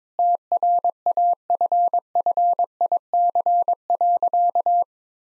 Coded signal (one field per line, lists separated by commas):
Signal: Morse code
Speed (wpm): 22 wpm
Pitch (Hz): 700 Hz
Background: none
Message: TRAFFIC.